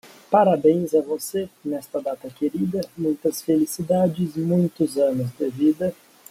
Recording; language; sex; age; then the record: short text; Brazilian Portuguese; male; 30 to 39 years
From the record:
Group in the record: control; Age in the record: 32 years